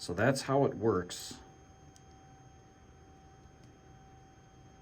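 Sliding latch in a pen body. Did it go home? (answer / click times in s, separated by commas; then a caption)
no / none. Someone talks briefly while handling a prototype pen's spring-loaded sliding latch in the pen body, then the clip goes quiet except for a steady high hum and a faint tick near 2.0 s. The latch has not yet been pushed forward into its locked position, and nothing has snapped into place yet.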